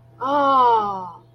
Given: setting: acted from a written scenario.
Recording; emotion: vocal sound without words; awe